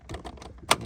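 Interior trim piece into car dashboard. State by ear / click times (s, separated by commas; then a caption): seated / 0.7 s. An interior trim piece is slid into a car dashboard, right after the gauge cluster has been locked in. Soft scraping and tapping sounds lead to one sharp, bright click at 0.7 s. The trim piece clicks home and is seated.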